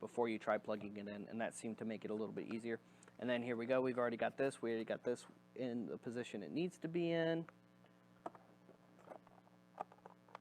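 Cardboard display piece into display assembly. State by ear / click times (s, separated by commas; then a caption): not seated / none. Pre-folded cardboard display pieces for the Transformers Legacy Wreck N Rule hammer display are being plugged together by hand while someone talks for the first 7.5 seconds. Quieter handling follows, with brief sharp sounds at 8.3, 9.8 and 10.3 seconds. Nothing has seated or clicked into place yet.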